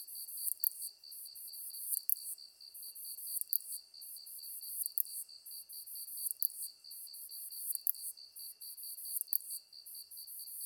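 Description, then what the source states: Katydid song: a steady run of high buzzy pulses, several per second, over a continuous hiss, with brighter ticks recurring every second or two. 23 August 2010 at 21:33.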